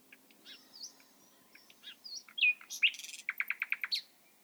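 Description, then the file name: Common nightingale singing varied soft chirps and whistles, then a harsh buzz and a rapid series of identical notes that ends in a higher note. "Luscinia megarhynchos"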